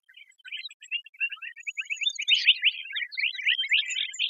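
Lark bunting calls, starting as sparse chips that quickly build into busy overlapping twittering, with a thin high whistle partway through.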